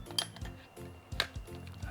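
L-shaped steel DEEN hex keys are pressed into their plastic storage holder, snapping in with sharp clicks at about 0.2 s and 1.2 s over background music. The keys seat firmly and fit perfectly in the holder.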